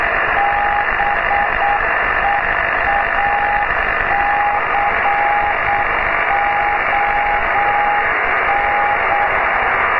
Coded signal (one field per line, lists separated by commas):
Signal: Morse code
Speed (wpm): 8 wpm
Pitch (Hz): 810 Hz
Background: radio noise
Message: BEACON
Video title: S55ZRS SIX meters beacon